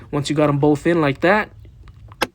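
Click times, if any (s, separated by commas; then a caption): 2.2 s. Someone talks while the two small plastic stoppers removed from the sides of the glove box of a 2001–2005 Honda Civic are pushed back into their holes in the dashboard during a cabin air filter replacement. After faint ticks, a sharp, loud click at 2.2 s marks a stopper seating in its hole.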